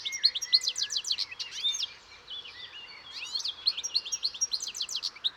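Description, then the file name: European goldfinch calls, rapid liquid twittering notes in quick runs, pausing briefly midway before resuming. "Carduelis carduelis"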